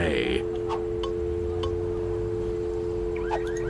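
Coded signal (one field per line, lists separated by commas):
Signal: telephone call progress tone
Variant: North America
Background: speech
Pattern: dial tone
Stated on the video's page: Telephone tone from the game Leisure Suit Larry Reloaded.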